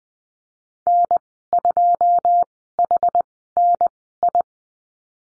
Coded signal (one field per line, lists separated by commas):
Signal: Morse code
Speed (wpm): 20 wpm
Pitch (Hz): 700 Hz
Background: none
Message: N2HNI